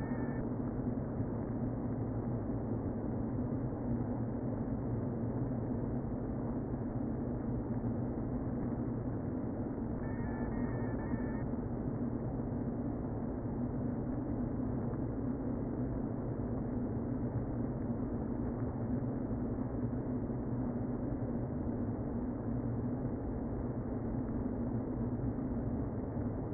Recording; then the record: honeybee colony, microphone inside the hive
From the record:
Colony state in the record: queen present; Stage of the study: before two queens were removed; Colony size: about 60,000 bees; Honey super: yes